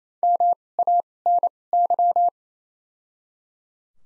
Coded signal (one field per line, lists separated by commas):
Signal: Morse code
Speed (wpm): 28 wpm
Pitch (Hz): 700 Hz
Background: none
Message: M A N Y